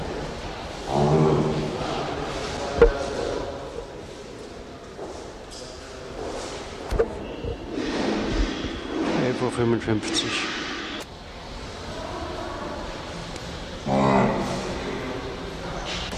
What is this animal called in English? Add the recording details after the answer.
Nile Lechwe. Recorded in captivity. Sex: male. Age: juvenile. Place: Zoo Berlin, Berlin, DE. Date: 1988-10-07 11:43. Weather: overcast, 12°C, wind. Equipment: Sony WM-D6C, Kopie Uher. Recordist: Tembrock, Günter. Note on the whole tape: Gray-Wasserbock. Jungbulle: Langlaute